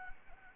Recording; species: mosquito wingbeat signal from an infrared sensor; Anopheles gambiae